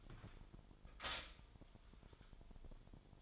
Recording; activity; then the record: daily activity, microphone in the room; stop toaster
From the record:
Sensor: 5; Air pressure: 1002.1 hPa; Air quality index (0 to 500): 208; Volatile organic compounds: 20 ppm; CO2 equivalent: 2693 ppm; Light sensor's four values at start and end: 33/108/41/43 and 33/108/41/43